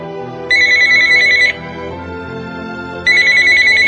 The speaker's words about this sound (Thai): เสียงโทรศัพท์ดังกังวานแหวกความเงียบรีบเอื้อมมือไปตะครุบด้วยใจที่เต้นรัว